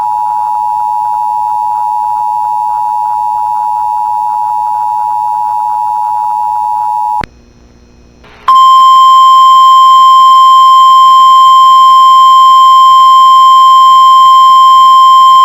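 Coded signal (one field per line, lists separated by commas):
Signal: Emergency Alert System (SAME) tones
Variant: 853 and 960 Hz attention tone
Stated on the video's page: Emergency Alert System tests, the first of 2024.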